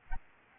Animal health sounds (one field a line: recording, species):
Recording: mosquito wingbeat signal from an infrared sensor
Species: Anopheles arabiensis